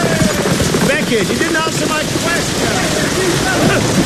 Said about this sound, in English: Oh! The rain is getting heavier, my lord. Come, let us shelter in that hut over there!